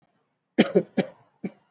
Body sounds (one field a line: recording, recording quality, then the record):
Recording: heavy voluntary cough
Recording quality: excellent, no background noise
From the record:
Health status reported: exposed to COVID-19, no respiratory illness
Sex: male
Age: 30 years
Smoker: no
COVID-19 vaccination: both doses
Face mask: worn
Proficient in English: yes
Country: India